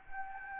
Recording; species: mosquito wingbeat signal from an infrared sensor; Anopheles gambiae